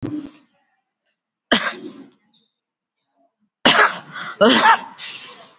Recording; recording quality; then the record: shallow voluntary cough; excellent, no background noise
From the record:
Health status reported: COVID-19 positive, moderate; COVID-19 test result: positive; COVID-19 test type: RT-PCR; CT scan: not taken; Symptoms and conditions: sore throat, muscle pain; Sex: female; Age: 34 years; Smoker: no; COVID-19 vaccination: one dose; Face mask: worn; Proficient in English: yes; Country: India